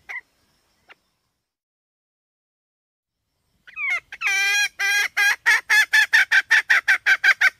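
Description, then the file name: Red junglefowl hen cackling: after near silence, a rising wavering squawk leads into a rapid, even series of harsh clucks that continues to the end. "tieng ga mai rung"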